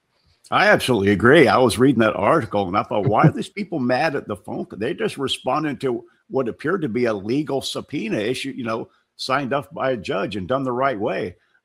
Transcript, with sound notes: I absolutely agree. I was reading that article and I thought-
(laughs)
... "Why are these people mad at the phone c-" They just responded to what appeared to be a legal subpoena issu- you know, signed off by a judge and done the right way.